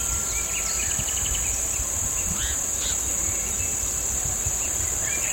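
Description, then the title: Cicadas keep up a constant high, even buzz; brief bird chirps and short whistles break in now and then over a faint low rumble. Hill on the outskirts of San Cristóbal de Las Casas, Chiapas, May 2021; birds also heard. "Ambiente cerca San Cristóbal, con Luna, aves, cigarras"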